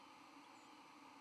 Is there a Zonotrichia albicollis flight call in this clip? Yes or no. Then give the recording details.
yes. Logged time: 08:02 on 31 October 2014